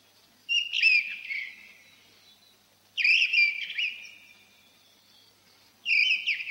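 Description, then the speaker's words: Mistle Thrush song with three short, loud whistled phrases of tumbling, warbled notes, roughly every two and a half seconds, and quiet gaps between them. Heard occasionally in old pine forest; a beautiful song. "Изредка в старом сосновом бору можно услышать красивую песню"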